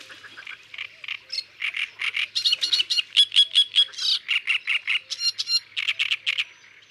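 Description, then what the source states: Great reed warbler singing: a fast string of rasping, croaky syllables with occasional sharp squeaks, mostly loud after a quieter start. Isère, France.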